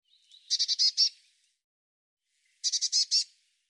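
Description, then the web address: Bird calls in two quick bursts of several high, buzzy, chattering notes, with a short pause between them. "cianscape birddata Deverinetal 2025 File cleaned normalized Bird Cy Ca"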